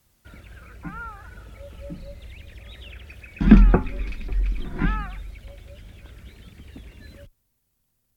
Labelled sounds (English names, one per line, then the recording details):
Ruddy Shelduck call
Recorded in the wild
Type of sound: call
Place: Dumbraveni, Transilvania, RO
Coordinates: 46.23, 24.575
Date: 1973-05-02
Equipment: Nagra III BH, Sennheiser MD 21, parabola
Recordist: Schubert, Michael
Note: Flugrufe Rostgans